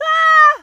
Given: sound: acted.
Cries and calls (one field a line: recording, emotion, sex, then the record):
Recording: nonverbal affect burst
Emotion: fear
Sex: female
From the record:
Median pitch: 629 Hz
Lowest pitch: 300 Hz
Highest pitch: 653 Hz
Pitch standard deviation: 87 Hz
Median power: 80.9 dB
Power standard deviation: 10.7 dB